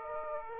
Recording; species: mosquito wingbeat signal from an infrared sensor; Aedes aegypti